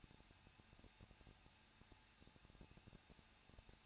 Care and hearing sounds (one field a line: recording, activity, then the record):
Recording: daily activity, microphone in the room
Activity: no activity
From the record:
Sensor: 2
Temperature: 21.0 degrees Celsius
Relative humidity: 37.4%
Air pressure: 1006.2 hPa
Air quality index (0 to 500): 222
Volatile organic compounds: 24 ppm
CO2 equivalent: 2808 ppm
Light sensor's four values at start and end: 2/3/2/2 and 2/3/2/2